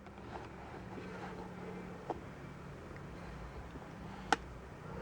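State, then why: Partly seated. The interlock lid of an Ozito shredder mulcher is wound down over a low, steady background hum, with a few faint ticks along the way. A sharp click at 4.3 s is the first of the two small interlock microswitches inside actuating. The machine does not start afterward because the lid is not yet fully down.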